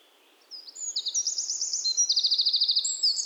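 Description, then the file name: Eurasian wren song, a sudden energetic stream of piercing high notes with rapid rattling trills, delivered at great speed. "Troglodytes troglodytes"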